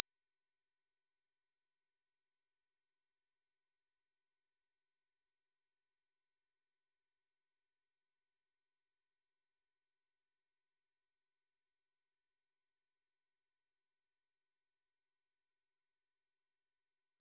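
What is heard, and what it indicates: A simulated tinnitus sound: a steady, continuous, high-pitched pure tone near 6 kHz, unchanging in pitch and loudness for about 17 seconds.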